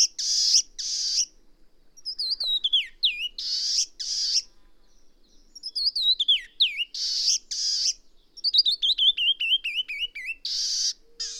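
Bird mixing loud rasping bursts with downslurred whistles and a long stepping series of falling notes.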